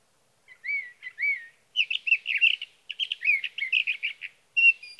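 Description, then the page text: Sage thrasher singing: a few looping whistled notes open into a long, rapid tumble of warbled, chattering high phrases, almost unbroken, in a quiet background. Singing male heard through three nights near his night roost, evening of June 12 to morning of June 15, 2018, Sierra Valley, California, with a Swift recorder. "Birdsong for the Curious Naturalist. Sage thrasher songs, through the night. from the evening of June 12 to the morning of June 15, 2018, in Sierra Valley, California"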